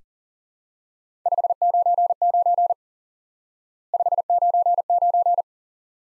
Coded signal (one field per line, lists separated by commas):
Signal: Morse code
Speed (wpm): 37 wpm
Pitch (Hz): 700 Hz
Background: none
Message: 599 599